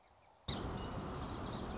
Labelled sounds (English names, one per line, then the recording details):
Song Sparrow
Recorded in Sonoma County, California